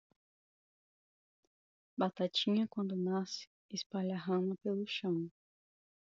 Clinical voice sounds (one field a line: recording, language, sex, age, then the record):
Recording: short text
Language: Brazilian Portuguese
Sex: female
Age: 20 to 29 years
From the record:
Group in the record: control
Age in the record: 25 years